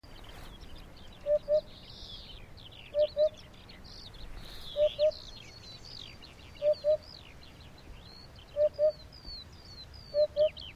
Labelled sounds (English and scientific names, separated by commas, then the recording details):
Eurasian Hoopoe (Upupa epops)
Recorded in the wild
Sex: male
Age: adult
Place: NSG Schönower Heide, Naturpark Barnim, Brandenburg, DE
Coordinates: 52.6864, 13.5175
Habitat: meadow
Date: 2011-05-22
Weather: sunny, 15°C, weak easterly winds
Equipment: Sound Devices 702, Sennheiser MKH 70, Rycote Windschutz
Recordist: Frommolt, Karl-Heinz